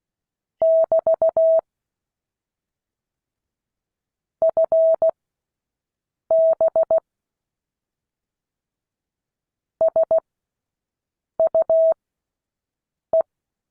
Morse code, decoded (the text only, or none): <BT> FB SUE